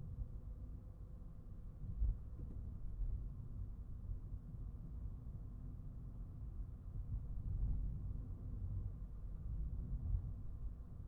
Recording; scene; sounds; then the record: everyday scene through a hearing-aid microphone; in a vehicle; engine, highway traffic jam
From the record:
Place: Skoda Fabia, gasoline engine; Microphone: behind the ear, right, rear